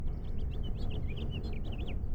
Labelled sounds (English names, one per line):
House Finch song